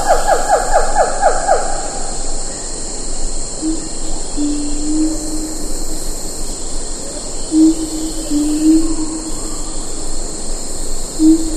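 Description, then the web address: Siamang: a quick run of rising whoops at first, then drawn-out low hoots sliding upward, set against a continuous high insect hum. "earth naturelibrary assets s si siamang"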